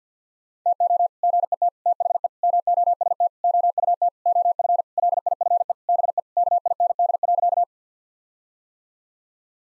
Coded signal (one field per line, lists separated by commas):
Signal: Morse code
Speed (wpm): 50 wpm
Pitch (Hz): 700 Hz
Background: none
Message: TO GET THE MOST OUT OF LIFE BE KIND.